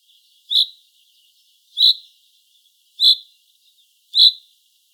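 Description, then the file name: Common chaffinch calling: four sharp, ringing 'pink' notes, each short and bright, spaced roughly every second and a quarter, with a quiet background. "Fringilla coelebs"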